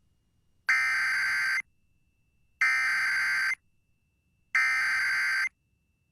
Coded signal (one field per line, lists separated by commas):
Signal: Emergency Alert System (SAME) tones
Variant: header bursts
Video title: LEW DOUBLE ENTENDRE... EAS Alerts from 9/13/23 (EAS #3,074 - 3,077)